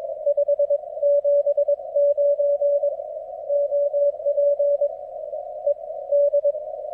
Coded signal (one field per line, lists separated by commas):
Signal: Morse code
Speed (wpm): 22 wpm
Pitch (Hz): 580 Hz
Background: none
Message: 579 OP ED